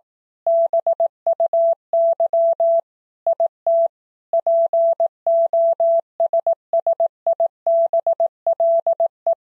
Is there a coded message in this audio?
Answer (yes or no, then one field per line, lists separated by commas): yes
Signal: Morse code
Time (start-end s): 0.5-9.3 s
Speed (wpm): 18 wpm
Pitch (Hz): 670 Hz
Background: none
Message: BUY IT POSSIBLE